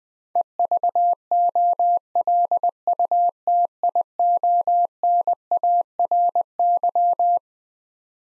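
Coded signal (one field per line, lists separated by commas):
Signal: Morse code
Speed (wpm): 20 wpm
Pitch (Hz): 700 Hz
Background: none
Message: EVOLUTIONARY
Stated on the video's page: Head-copy practice of twelve-letter words at 20 wpm, each word sent in Morse, spoken, then sent again.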